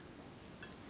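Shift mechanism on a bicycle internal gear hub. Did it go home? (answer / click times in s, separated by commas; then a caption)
no / none. A shift mechanism is pressed onto a Nexus 8 eight-speed internal gear hub of a bicycle during a sprocket change, but it does not seat and no click is heard. Only a steady, even background hiss fills the second, with no sharp sounds. The part is then lined up again to retry.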